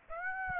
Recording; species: mosquito wingbeat signal from an infrared sensor; Aedes aegypti